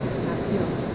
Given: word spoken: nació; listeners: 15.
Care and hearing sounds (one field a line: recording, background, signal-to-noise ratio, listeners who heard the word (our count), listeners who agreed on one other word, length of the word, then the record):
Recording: one Spanish word in noise, from a listening test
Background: speech-shaped noise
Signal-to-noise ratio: -4.6 dB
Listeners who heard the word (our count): 2 of 15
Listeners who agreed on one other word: 9 of 15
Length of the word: 0.55 s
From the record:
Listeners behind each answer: 9, 2, 2, 1, 1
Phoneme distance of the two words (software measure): 21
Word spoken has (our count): 2 syllables, 5 phonemes, stress on syllable 2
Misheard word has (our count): 2 syllables, 6 phonemes, stress on syllable 2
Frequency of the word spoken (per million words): 42.37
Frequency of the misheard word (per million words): 208.37